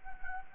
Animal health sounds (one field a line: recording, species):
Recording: mosquito wingbeat signal from an infrared sensor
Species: Anopheles gambiae